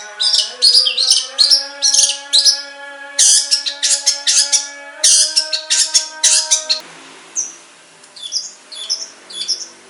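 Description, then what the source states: Long-tailed shrike song, dense harsh chatter over a low droning hum, then fewer, softer clear whistled notes. Banyuwangi and Madura types of cendet.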